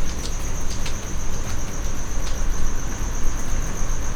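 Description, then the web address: Cricket song, a steady high trill running throughout over a strong low rumble. Recorded at Jászberény zoo in 2016; the cricket was kept in a plastic distribution box. "allathangok jaszberenyizoo 2016 professzionalis tucsok muanyagelosztodobozban jobbramocsarimacska"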